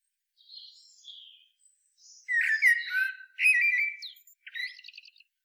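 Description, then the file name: Eurasian blackbird singing: soft high squeaky notes first, then two loud fluted warbling phrases with chattering flourishes, ending in a brief rattling trill. "Turdus merula"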